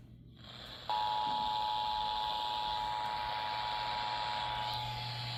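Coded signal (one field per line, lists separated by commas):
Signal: Emergency Alert System (SAME) tones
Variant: 853 and 960 Hz attention tone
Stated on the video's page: Flash flood warning EAS alert relayed on FM stations and a TV station.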